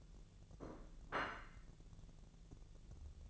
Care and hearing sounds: daily activity, microphone in the room; place plate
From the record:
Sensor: 4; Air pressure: 1001.0 hPa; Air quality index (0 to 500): 144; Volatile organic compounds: 2 ppm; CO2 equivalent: 1065 ppm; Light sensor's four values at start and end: 26/61/25/27 and 26/62/25/27

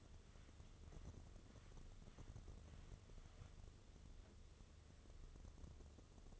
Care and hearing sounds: daily activity, microphone in the room; wipe stove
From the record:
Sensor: 4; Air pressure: 1015.9 hPa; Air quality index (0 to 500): 114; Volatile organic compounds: 2 ppm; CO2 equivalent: 1284 ppm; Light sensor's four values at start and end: 9/19/7/7 and 9/19/7/7

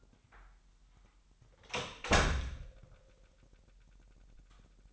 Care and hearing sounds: daily activity, microphone in the room; close door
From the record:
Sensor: 3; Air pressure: 998.4 hPa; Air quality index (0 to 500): 138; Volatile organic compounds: 4 ppm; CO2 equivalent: 1650 ppm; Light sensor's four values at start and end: 16/46/19/18 and 16/46/19/18

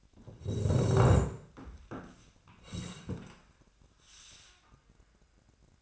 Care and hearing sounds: daily activity, microphone in the room; sit down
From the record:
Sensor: 2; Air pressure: 1012.2 hPa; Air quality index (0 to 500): 158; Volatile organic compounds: 2 ppm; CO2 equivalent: 1153 ppm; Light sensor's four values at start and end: 37/96/41/47 and 42/106/45/52

